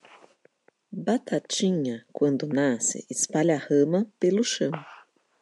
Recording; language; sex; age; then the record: short text; Brazilian Portuguese; female; 40 to 49 years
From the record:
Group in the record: control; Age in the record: 47 years